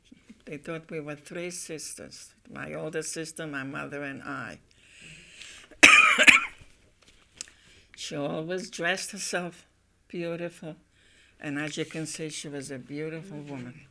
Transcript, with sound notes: They thought we were three sisters, my oldest sister, my mother and I. (She coughs.) She always dressed herself beautiful. And, as you can see, she was a beautiful woman.